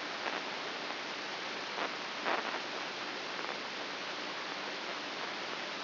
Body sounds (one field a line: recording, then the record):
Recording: brain microelectrode recording played as sound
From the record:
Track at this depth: inside the subthalamic nucleus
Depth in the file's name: 4.04 mm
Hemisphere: right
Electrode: 2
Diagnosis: Parkinson's disease